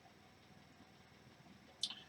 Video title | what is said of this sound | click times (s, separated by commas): Unbox & Assembly - Lego Creator #31058 Mighty Dinosaurs - T-Rex | and it does snap into place | 1.8 s